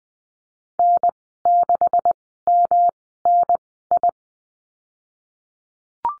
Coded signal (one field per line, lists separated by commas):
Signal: Morse code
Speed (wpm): 20 wpm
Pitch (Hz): 700 Hz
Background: none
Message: N6MNI